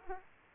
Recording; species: mosquito wingbeat signal from an infrared sensor; Aedes aegypti